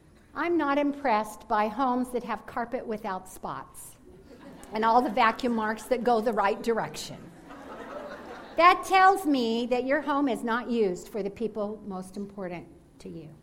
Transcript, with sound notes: I’m not impressed by homes that have carpet without spots and all the vacuum marks that go the right direction. (laughter) That tells me that your home is not used for the people most important to you.